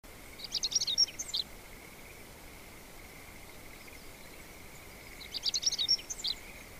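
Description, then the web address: Bird song: a quick burst of high chirps and trills, repeated once about four seconds later, over a steady high tone and background noise. Recorded 3 June 2006. "bird fieldnote 2006 20060603"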